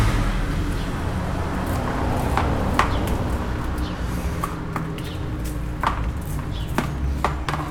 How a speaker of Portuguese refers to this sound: Olha os carros velhos passando aqui.